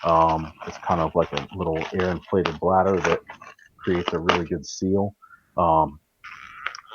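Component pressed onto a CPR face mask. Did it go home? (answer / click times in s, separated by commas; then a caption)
yes / 6.7 s. A piece is pressed onto a rubber CPR pocket mask body, likely the one-way valve or the inflated seal. Someone talks over most of the clip, then a sharp snap at 6.7 s marks the part popping into place and seating.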